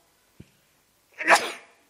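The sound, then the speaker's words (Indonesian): A single sharp sneeze bursts out after a brief soft catch of breath, loud and hissy, then trails off quickly into silence. “Alhamdulillah.”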